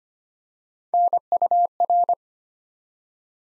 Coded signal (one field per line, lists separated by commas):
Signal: Morse code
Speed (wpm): 25 wpm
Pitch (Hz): 700 Hz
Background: none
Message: NUR